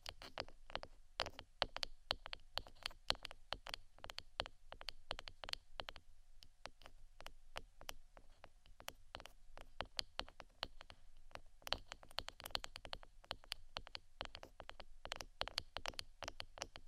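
Tapping comes as dense, irregular bursts of sharp clicks, rapid clusters separated by brief gaps, over a faint low hum throughout.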